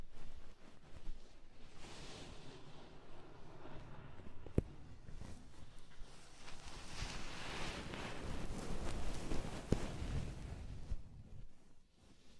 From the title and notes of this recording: ASMR Oil, Foam and Tingly Ear Massage for Stress Relief (No Talking).